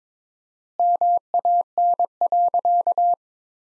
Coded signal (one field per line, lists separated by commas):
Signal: Morse code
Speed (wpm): 22 wpm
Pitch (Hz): 700 Hz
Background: none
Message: MAN.